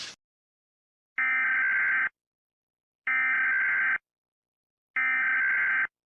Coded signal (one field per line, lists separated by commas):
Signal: Emergency Alert System (SAME) tones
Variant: header bursts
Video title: Global Heating (Worldwide Edition) - An EAS Scenario